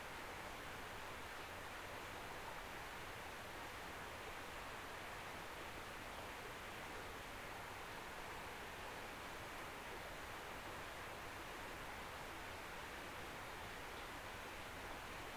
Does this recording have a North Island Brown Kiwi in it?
no